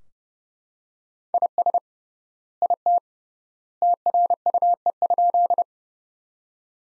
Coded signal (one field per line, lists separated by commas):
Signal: Morse code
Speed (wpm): 30 wpm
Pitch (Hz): 700 Hz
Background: none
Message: IS IT TRUE?